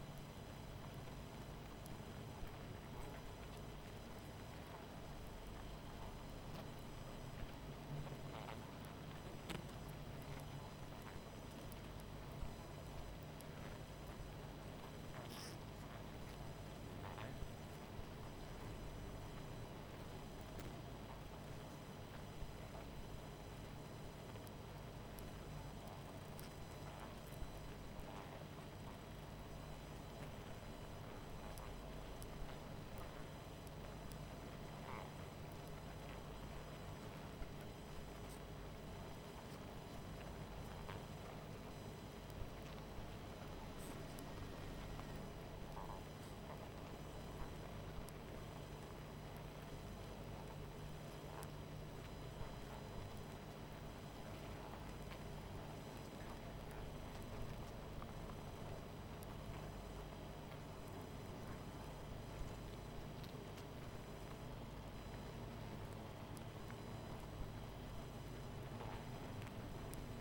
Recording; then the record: honeybee colony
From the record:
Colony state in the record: missing queen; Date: 14 July 2017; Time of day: 21:17